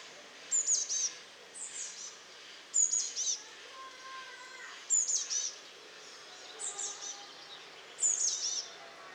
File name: Cyanistes caeruleus